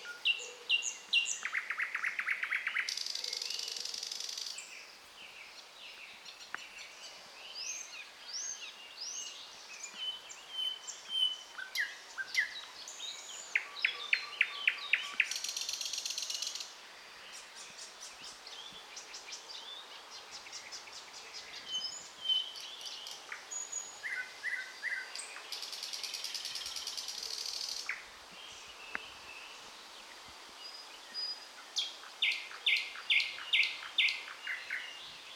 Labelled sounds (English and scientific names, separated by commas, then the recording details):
Thrush Nightingale (Luscinia luscinia) song
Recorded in the wild
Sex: male
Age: adult
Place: Wizna, Lomzynski Park Krajobrazowy Doliny Narwi, Podlaskie Voivodeship, PL
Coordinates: 53.1979, 22.4176
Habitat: deciduous forest edge
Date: 2016-05-26 08:40
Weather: heavy cloud, moderate wind
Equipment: Marantz PMD660 recorder, Sennheiser ME67 directional microphone
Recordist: Souriau, Abel